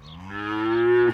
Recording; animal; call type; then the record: contact call of a hoofed animal; cattle; low-frequency (closed-mouth) or high-frequency (open-mouth) call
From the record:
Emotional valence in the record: negative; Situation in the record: full separation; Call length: 1.13 s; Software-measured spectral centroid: 1360 Hz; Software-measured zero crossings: 1560 a second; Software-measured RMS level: -22 dBFS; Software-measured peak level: -10 dBFS